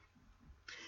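A single abrupt, harsh cough from an adult woman bursts out near the end after a stretch of quiet low background hum. It is a short, forceful, rough-sounding cough, heard while she is still recovering from an illness.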